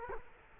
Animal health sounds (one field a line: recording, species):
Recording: mosquito wingbeat signal from an infrared sensor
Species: Culex quinquefasciatus